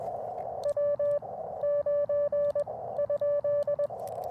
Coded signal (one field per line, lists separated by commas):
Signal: Morse code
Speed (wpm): 21 wpm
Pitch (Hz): 580 Hz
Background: radio noise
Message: W 9 ?